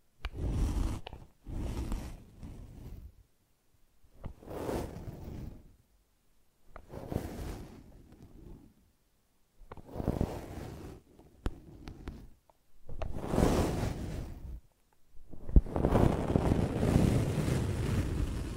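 Brushing and scratching come in separate bursts, each lasting one to two seconds with short silences between, roughly every two to three seconds. The strokes are rough and scratchy with a low rumbling body, and the final stretch runs longer and denser.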